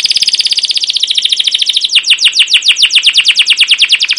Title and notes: CUIT CUIT NGEROL LANGSUNG GACOR PANJANG Kenari Ini AMPUH Utk Pancingan KENAR. PANCINGAN Kenari GACOR PANJANG Cuit CUIT EMOSI ini AMPUH utk MASTERAN Kenari PAUD belajar BUNYI. burung kenari